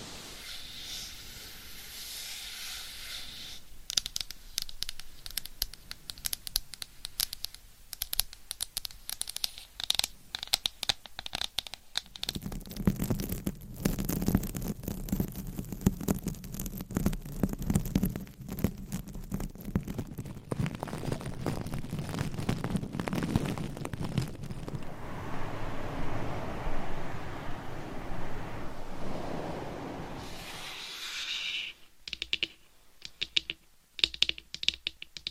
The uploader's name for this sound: Gentle Tapping & Scratching